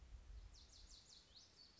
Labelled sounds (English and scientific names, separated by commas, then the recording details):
Lazuli Bunting (Passerina amoena)
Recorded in Sonoma County, California